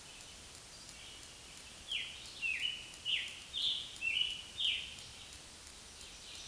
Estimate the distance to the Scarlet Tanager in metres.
about 35 m